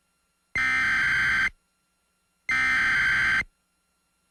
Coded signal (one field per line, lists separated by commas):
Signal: Emergency Alert System (SAME) tones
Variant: header bursts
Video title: EAS Mock: Greenport?